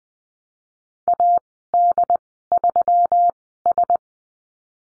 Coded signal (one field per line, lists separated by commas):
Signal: Morse code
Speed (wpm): 20 wpm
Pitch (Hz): 700 Hz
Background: none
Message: AD3S